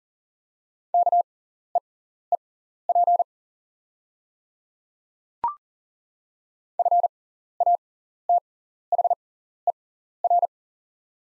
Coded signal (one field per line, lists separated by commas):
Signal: Morse code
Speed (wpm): 40 wpm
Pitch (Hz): 700 Hz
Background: none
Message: KEEP FATHER